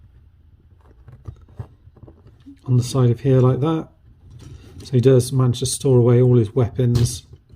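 A plastic crane section of a transforming toy robot figure (crane truck) is handled, with faint light plastic ticks and taps in the first two seconds before someone talks. The clip ends before the section collapses in, so nothing has seated or clicked into place yet.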